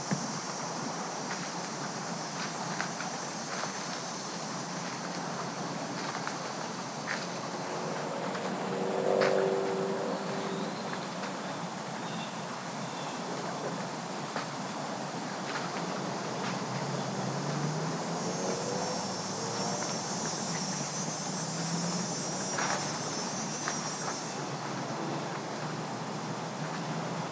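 A bubbling woodland stream rushes steadily throughout, a dense, even wash with a low rumble beneath and a bright hiss on top. Around nine seconds a brief tonal call pokes through, scattered soft clicks follow, and the hiss brightens between about 18 and 24 seconds.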